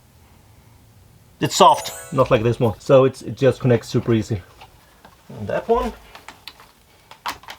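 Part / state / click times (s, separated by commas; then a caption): locking wheel of a drip irrigation hose connector / seated / 6.5 s. Someone talks while joining a soft drip irrigation hose to a plastic micro-drip connector of a Gardena smart irrigation system. They turn the connector's locking wheel, producing a few small clicks. The wheel snaps into place with a sharp click at 6.5 s, and the locking mechanism is felt to engage.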